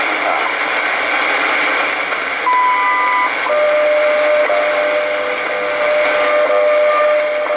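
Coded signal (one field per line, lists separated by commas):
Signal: radio time signal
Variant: WWV with WWVH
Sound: hissy static, a short high beep, then a steady lower hum tone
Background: radio static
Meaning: The 0.8-second 1000 Hz tone marks the start of a minute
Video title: WWV 5 Mhz with slight WWVH underneath July 3rd 2016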